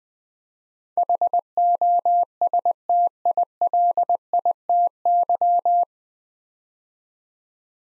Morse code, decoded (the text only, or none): HOSTILITY